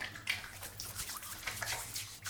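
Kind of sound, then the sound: household object, shower water running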